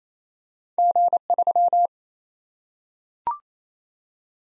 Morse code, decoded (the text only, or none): G3